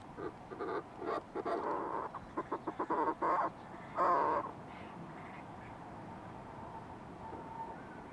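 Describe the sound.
Fulmar prion calls: a run of short, harsh, throaty bursts in quick stutters, then one longer rasping note, before a quiet stretch with low background hiss.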